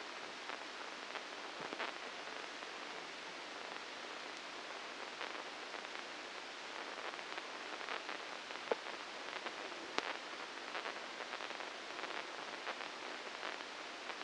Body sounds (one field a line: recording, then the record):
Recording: brain microelectrode recording played as sound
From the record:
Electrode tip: inside the subthalamic nucleus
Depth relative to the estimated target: -4 mm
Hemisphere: right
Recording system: NeuroSet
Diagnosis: Parkinson's disease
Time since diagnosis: 9 years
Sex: female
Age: 51 years